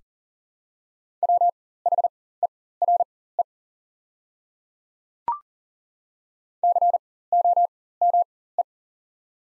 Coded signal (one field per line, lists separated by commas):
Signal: Morse code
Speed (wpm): 40 wpm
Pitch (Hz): 700 Hz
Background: none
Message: WHERE COME